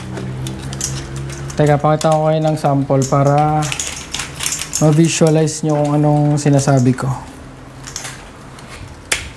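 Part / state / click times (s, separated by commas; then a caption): pistol into holster / seated / 9.1 s. A Hi-Capa pistol is pushed into a holster while someone talks over faint background music, with scattered small handling clicks. It locks into the holster with a loud, sharp click at 9.1 s.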